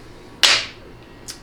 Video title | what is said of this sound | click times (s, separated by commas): Rebuilding the Ford AOD : Special Tools and Resources | until you're P the servo uh uh snap ring Groove and that snap ring will literally snap right into the groove and you'll be done | 0.4 s